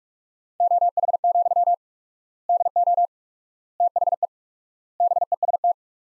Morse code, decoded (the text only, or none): OH, DO THE BEST